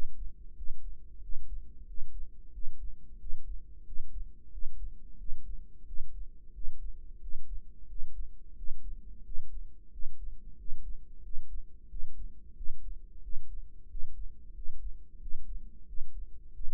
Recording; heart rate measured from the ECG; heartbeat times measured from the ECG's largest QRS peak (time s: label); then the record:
heart sounds by microphone in the right ear; 90 bpm
0.57 s: heartbeat
1.22 s: heartbeat
1.88 s: heartbeat
2.53 s: heartbeat
3.20 s: heartbeat
3.86 s: heartbeat
4.52 s: heartbeat
5.19 s: heartbeat
5.87 s: heartbeat
6.54 s: heartbeat
7.22 s: heartbeat
7.89 s: heartbeat
8.57 s: heartbeat
9.25 s: heartbeat
9.92 s: heartbeat
10.58 s: heartbeat
11.24 s: heartbeat
11.90 s: heartbeat
12.56 s: heartbeat
13.23 s: heartbeat
13.90 s: heartbeat
14.55 s: heartbeat
15.21 s: heartbeat
15.87 s: heartbeat
16.54 s: heartbeat
From the record:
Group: healthy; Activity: rest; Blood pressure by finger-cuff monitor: 136/85 mmHg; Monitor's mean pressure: 103 mmHg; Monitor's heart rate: 91 bpm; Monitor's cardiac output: 7.3 L/min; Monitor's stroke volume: 81 mL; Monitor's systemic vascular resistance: 1040 dyn s/cm5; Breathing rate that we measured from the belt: 18 breaths a minute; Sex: male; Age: 21 years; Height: 175 cm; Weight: 72.6 kg